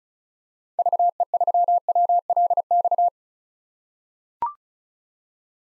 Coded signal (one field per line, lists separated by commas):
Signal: Morse code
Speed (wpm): 34 wpm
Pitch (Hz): 700 Hz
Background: none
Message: VE3WLX